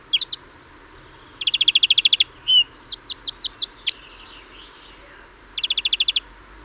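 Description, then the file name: European greenfinch calling in rapid rattling trills, broken by a single short note and a buzzy, wavering twitter in the middle, then another trill. "Chloris chloris"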